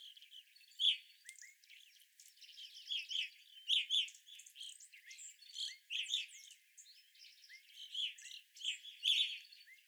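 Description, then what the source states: Evening grosbeak calls, short bright chirping notes repeated in loose clusters, several birds overlapping with fainter twittering throughout. Several evening grosbeaks, recorded on 25 April 2021.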